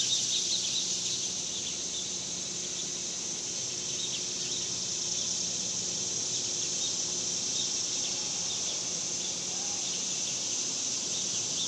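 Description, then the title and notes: Cicadas produce a constant high sizzling drone, with a low hum and a few soft faint chirps in the background. Cicadas outdoors in summer in the suburbs. "Ext Summer Cicadas, Suburbs by Bandeto"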